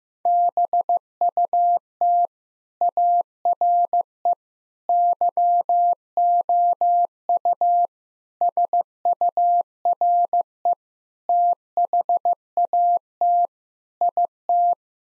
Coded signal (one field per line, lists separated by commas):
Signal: Morse code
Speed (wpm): 15 wpm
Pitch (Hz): 700 Hz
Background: none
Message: BUT ARE YOU SURE THAT IT